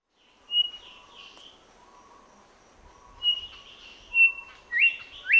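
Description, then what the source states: Grey whistler call: high steady whistles and upslurred notes alternating with lower soft hummed notes. Papua New Guinea.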